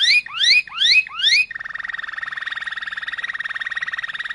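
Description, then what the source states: Canary song: four quick rising whistled slurs, then a steady, rapidly pulsing lower roll. Waterslager breed canary, singing.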